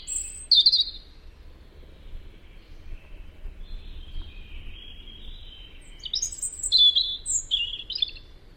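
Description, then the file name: European robin song in two bursts: a high whistled opening note and warble, quiet gap, then a rapid cascade of thin, tinkling high phrases. "Tomas Belka - Zaryanka Erithacus rubecula"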